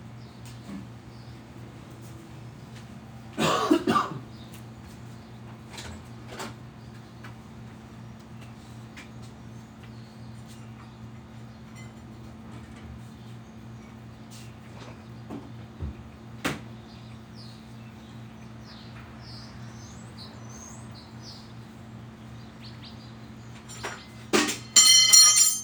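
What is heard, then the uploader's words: Sunday morning in a backyard in Phoenix, Arizona, with a low steady hum running throughout. Occasional faint bird chirps and small clicks come and go, with a brief louder rustling burst near four seconds and another cluster of sharp sounds around 24–25 seconds. Sunday morning mist in my backyard in Phoenix Arizona. There’s a gentle hum from our heat pump that stays on throughout the session that is an excellent brownian-type noise. The neighborhood sounds, the birds chirping.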